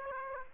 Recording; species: mosquito wingbeat signal from an infrared sensor; Aedes aegypti